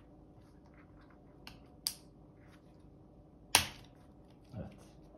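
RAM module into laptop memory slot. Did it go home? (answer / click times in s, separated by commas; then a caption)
partly / 1.9 s, 3.6 s. A second SO-DIMM RAM stick is pressed down into the memory slot of a Lenovo LOQ 15IAX9 laptop (Intel Core i5-12450HX) during a RAM and SSD upgrade, giving sharp clicks at 1.9 s and 3.6 s. A softer thud follows near 4.6 s over a low background hum. The module ends up not fully seated after these clicks.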